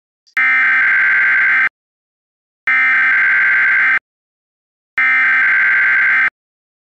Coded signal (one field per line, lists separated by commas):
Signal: Emergency Alert System (SAME) tones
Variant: header bursts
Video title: EAS Scenario: Ready Set Learn